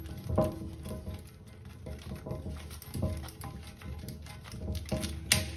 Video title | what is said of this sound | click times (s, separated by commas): How to Install a New Toilet Bowl - Step By Step Full Process (Glacier Bay etc. with wax ring) | you hear that click it's good that's a new like this twisting uh click design basically once you hear the click you're fully connected | 5.3 s